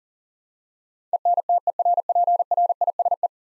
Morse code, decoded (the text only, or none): ENTERPRISE